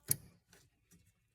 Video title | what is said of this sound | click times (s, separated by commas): Replacing The Headlight Bulbs On A 2013 Toyota Camry - DIY | and you'll hear it and feel it click | 0.1 s